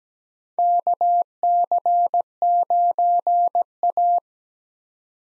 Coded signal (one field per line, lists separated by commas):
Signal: Morse code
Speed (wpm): 17 wpm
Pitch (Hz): 700 Hz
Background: none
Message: KC9A